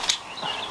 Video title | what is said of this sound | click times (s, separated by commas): Cette TECHNIQUE évite le CAPOT // amorçage et placement des cannes ! | clipsera pas sa merde c'est pas grave | none